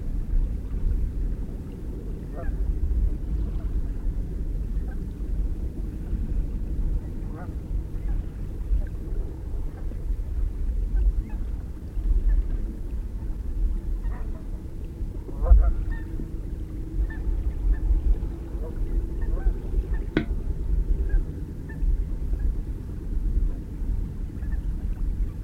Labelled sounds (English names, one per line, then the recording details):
Canada Goose call
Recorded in the wild
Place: Poggenhof, Insel Rügen, Mecklenburg-Vorpommern, DE
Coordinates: 54.531, 13.176
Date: 1973-10-01
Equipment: Nagra III BH, Sennheiser MD 21, parabola
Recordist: Schubert, Michael